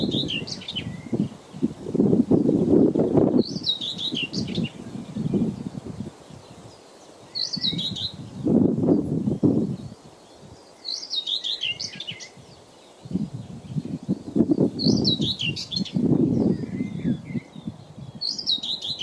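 Hot summer wind blows in low, rumbling gusts that swell and fade, strongest around 2–3, 9 and 14–16 seconds, with quiet lulls between. Bright, short bird chirps ring out every few seconds above the wind.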